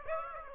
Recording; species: mosquito wingbeat signal from an infrared sensor; Aedes aegypti